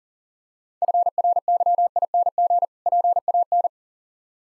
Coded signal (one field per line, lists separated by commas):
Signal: Morse code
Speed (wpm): 40 wpm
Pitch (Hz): 700 Hz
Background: none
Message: FRYING PAN